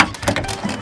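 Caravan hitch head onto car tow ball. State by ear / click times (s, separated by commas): seated / 0.3 s, 0.4 s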